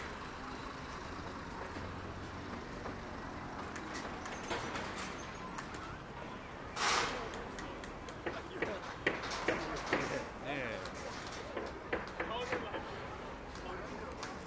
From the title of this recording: Akihabara,daytime